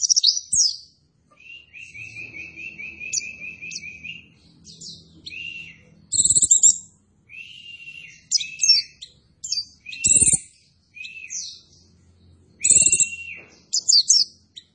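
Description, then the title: White-eye song: high thin chirps and squeaky notes, a buzzy trill early on, a few brief sharp clicks, and a faint low rumble underneath. Masteran (tutor) recording for training cage birds; pleci white-eye singing in gacor (vigorous, continuous) style. "Pleci Gacor. Masteran Burung PLECI"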